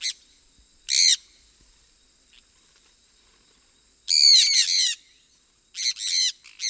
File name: sun parakeet